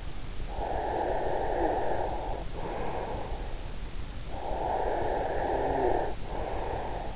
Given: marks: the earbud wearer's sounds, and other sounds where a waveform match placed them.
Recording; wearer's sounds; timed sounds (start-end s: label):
sounds in sleep by an in-ear microphone; breath
0.45-3.68 s: breath
4.17-7.16 s: breath